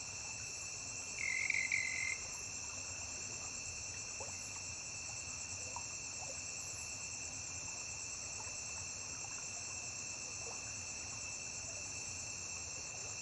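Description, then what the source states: Cricket chirping as an unbroken, shrill steady drone of layered high tones throughout, with a short louder tone near the start over faint background hiss. Constant chirping on a riverbank.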